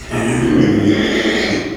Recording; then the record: squeal of a Yucatan mini pig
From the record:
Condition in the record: after surgery on the right vocal fold (resection and tissue-engineered implant); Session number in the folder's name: 2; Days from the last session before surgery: 13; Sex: male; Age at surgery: 12 weeks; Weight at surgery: 13 kg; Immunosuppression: cyclosporine, prednisolone